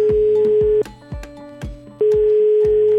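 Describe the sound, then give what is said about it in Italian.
A phone's ringback tone purrs in two long, steady buzzes about a second apart, separated by a pause, while a soft rhythmic thumping beat pulses underneath and nobody picks up. “È solo che non a tutti va di fare una chiamata. Però qualcuno sì, mi va. E non mi rispondono mai.”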